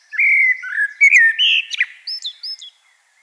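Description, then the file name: Common blackbird song phrase: a drawn-out fluty whistle, then a quicker jumble of notes closing in high, thin squeaks. "Turdus merula"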